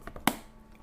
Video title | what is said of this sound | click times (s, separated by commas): Friday Livestream | hear that click oh that's so nice music to my ears | 0.3 s